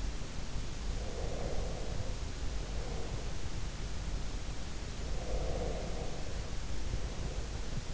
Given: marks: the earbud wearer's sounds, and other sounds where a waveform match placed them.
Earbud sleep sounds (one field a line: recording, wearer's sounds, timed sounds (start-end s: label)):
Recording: sounds in sleep by an in-ear microphone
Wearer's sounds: breath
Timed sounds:
1.06-3.66 s: breath
5.15-7.94 s: breath